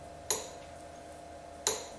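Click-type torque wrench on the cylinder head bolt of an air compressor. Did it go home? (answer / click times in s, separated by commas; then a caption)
yes / 0.3 s, 1.7 s. A click-type torque wrench set to 33 ft-lb, fitted with a socket, double-checks the torque on the center 3/8 bolt of the cylinder head on an IR 2545 air compressor being rebuilt with new rings, piston and head. Two sharp metallic clicks ring out at 0.3 s and 1.7 s over a low steady hum, each with a bright high ring that fades quickly. Both clicks confirm the bolt is at the set torque.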